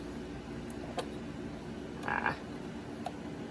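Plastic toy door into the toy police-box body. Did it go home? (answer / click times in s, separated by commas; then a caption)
no / none. Someone pushes the plastic doors of a Doctor Who Spin and Fly TARDIS 1:18 scale police-box vehicle toy, trying to press them back shut into the toy's body so they click into place. Over a steady low hum there is a light tap near 1.0 s, a short cluster of small plastic knocks around 2.1 to 2.3 s, and another faint tap near 3.1 s. The doors fail to latch, and nothing has clicked shut yet.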